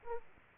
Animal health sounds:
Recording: mosquito wingbeat signal from an infrared sensor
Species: Aedes aegypti

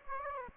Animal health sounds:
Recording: mosquito wingbeat signal from an infrared sensor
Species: Aedes aegypti

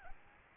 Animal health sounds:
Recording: mosquito wingbeat signal from an infrared sensor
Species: Aedes albopictus

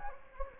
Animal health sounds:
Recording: mosquito wingbeat signal from an infrared sensor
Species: Anopheles gambiae

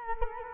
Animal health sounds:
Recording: mosquito wingbeat signal from an infrared sensor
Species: Culex quinquefasciatus

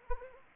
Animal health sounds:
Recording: mosquito wingbeat signal from an infrared sensor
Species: Anopheles arabiensis

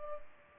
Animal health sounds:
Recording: mosquito wingbeat signal from an infrared sensor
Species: Culex pipiens

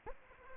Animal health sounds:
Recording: mosquito wingbeat signal from an infrared sensor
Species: Anopheles arabiensis

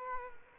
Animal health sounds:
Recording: mosquito wingbeat signal from an infrared sensor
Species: Culex quinquefasciatus

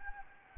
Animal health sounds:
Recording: mosquito wingbeat signal from an infrared sensor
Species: Anopheles gambiae

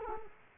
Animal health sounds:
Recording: mosquito wingbeat signal from an infrared sensor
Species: Culex quinquefasciatus

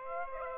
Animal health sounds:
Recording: mosquito wingbeat signal from an infrared sensor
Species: Aedes aegypti

